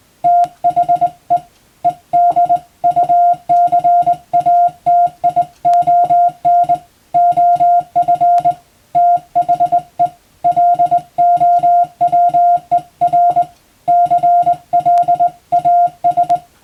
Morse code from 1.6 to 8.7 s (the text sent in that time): EDUCATION OF